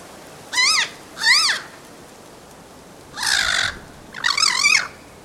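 Bird calls: four harsh, nasal caws with wavering harmonic bands, in two pairs, the second pair rougher, over faint background hiss.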